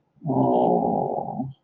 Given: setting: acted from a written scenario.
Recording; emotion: vocal sound without words; distress